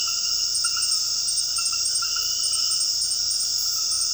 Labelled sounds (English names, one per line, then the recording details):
none
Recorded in dense forest near Puerto Asís, Putumayo, Colombia, on 20 February 2024 at 22:00
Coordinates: 0.481, -76.318
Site G6421